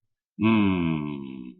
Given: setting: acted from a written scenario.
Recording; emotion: vocal sound without words; contentment